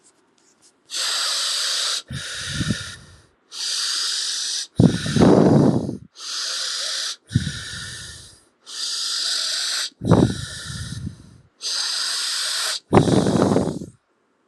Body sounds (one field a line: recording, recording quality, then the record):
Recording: deep breathing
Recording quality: excellent, no background noise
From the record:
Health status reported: healthy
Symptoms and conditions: hypertension, diabetes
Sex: male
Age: 46 years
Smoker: not ticked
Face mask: not worn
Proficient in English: yes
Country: India